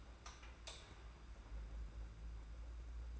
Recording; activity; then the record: daily activity, microphone in the room; light on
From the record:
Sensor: 2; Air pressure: 991.8 hPa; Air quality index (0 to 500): 229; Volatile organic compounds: 1000 ppm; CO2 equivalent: 7658 ppm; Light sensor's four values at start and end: 11/27/11/11 and 15/39/15/15